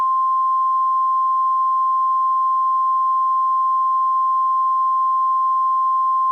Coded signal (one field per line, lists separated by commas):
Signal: Emergency Alert System (SAME) tones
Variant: 1050 Hz attention tone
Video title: The Gloomo Hotel Disaster | An EAS Scenario